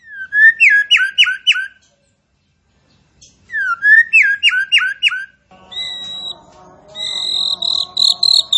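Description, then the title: Striated grassbird repeating a rhythmic phrase of sliding whistled notes twice, with a pause between. Singing actively and profusely. "Burung Tembakan Gacor"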